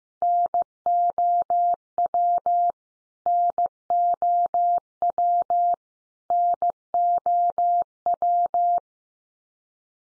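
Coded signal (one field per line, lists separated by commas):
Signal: Morse code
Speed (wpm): 15 wpm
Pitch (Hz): 700 Hz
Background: none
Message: NOW NOW NOW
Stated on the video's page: Morse word drill at 15 wpm: common English words each sent three times, then spoken, then sent again, for head-copy practice.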